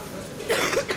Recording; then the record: coughing mixed with background sound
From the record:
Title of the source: 34 coughing up crap again